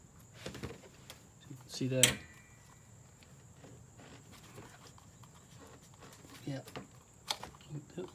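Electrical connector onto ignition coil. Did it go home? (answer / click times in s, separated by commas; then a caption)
no / none. A plastic electrical connector is pushed onto the ignition coil of a 2006–2012 Toyota RAV4 Limited during an ignition coil connector replacement, with soft scraping and handling noises, a louder rustling burst around 2.0 s, and a few light taps near the end. Someone talks throughout. The connector has not latched; nothing has clicked or seated yet.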